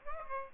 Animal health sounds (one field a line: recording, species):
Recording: mosquito wingbeat signal from an infrared sensor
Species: Aedes aegypti